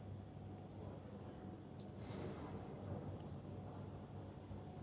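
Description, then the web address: Cricket giving a continuous high-pitched pulsing trill, evenly beating the whole time, with a soft low rumble underneath and a brief faint noise midway. "muhammad 384. Crickets"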